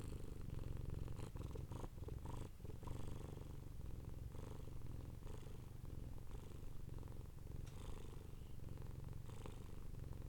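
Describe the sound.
Domestic cat purring, a steady low rumble with pulsing texture throughout and faint brief rustles above it.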